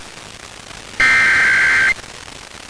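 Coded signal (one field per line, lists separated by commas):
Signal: Emergency Alert System (SAME) tones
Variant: header bursts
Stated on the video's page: Pennsylvania Required Monthly Test received from multiple broadcast stations, some weak, some distant via tropospheric propagation.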